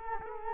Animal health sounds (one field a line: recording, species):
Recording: mosquito wingbeat signal from an infrared sensor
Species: Culex quinquefasciatus